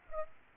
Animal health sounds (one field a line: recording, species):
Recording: mosquito wingbeat signal from an infrared sensor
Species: Aedes aegypti